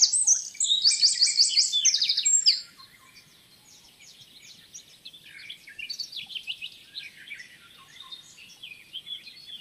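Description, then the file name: Eurasian wren song with a loud rattling trill, then quieter twittering. "Troglodytes troglodytes"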